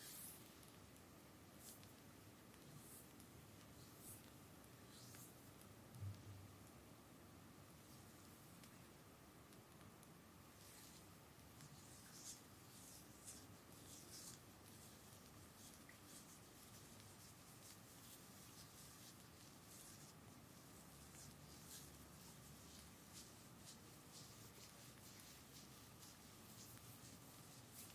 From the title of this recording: ASMR Full body massage with bamboo